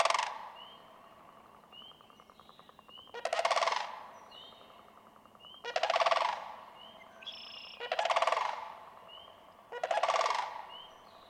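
Sandhill crane repeats a trumpeting, rattled call about every two seconds, each call rolling for under a second; soft whistles of smaller birds are heard between.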